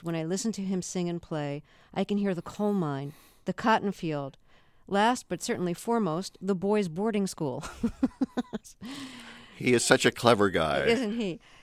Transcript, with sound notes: When I listen to him sing and play, I can hear the coal mine, the cotton field - last but certainly foremost, the boy's boarding school (laughter).
He is such a clever guy.
Isn't he?